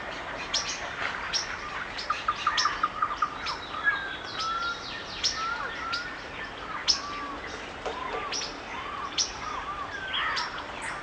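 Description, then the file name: Birds calling amid steady hiss: irregular high chirps, a few clear gliding whistles and soft warbled phrases overlapping. Forest birds singing in the rain; natural forest soundscape. "Nature Sounds Sonido Del Bosque y Naturaleza It s Raining - Calming Nature Bird Songs"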